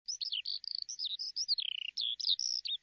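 Bird singing a rapid, varied run of high whistled and twittering notes, sweeping up and down, with a few lower slurred phrases, continuous throughout.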